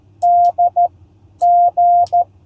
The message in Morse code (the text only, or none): D G